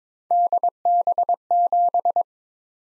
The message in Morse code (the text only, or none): DB7